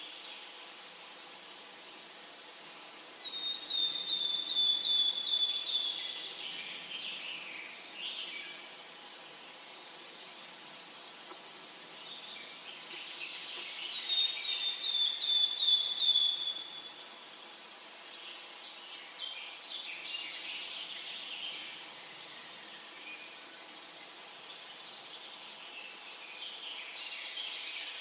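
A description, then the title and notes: Birds sing outdoors in a natural setting, with two clear bursts of high, trilled song around 3–6 and 14–17 seconds. Softer chirps and calls continue through the rest, over a faint steady hiss of open air. Singing of birds in nature.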